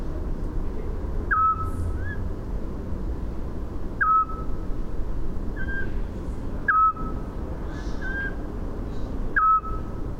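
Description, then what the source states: Eurasian scops owl repeating a plain whistled note about every two and a half seconds, four times, with fainter higher whistles between them and constant low background rumble. 8 May 2018, Landshut.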